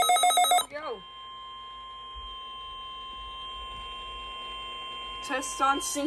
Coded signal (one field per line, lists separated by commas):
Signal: Emergency Alert System (SAME) tones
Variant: 1050 Hz attention tone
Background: speech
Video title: EAS Catch #8 - Predicting The RWT (Cinco de Mayo 2021)